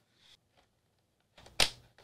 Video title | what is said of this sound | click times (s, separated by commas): KODAK Dock Plus Instant Photo Printer: A Perfect Gift for Photographers of All Levels | just like that and it kind of clicks into place so we're all set up ready | 1.6 s